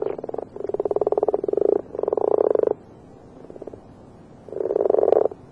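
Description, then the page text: Marsh frog croaking: loud, rattling pulsed bursts, each under a second long, repeated several times with short pauses and a softer burst between. Marsh frog in the UK. "Marsh Frog From British Library - wildlife sounds"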